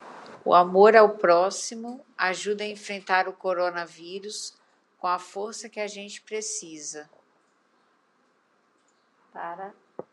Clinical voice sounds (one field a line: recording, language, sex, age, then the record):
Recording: spoken sentence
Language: Brazilian Portuguese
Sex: female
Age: 30 to 39 years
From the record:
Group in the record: control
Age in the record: 39 years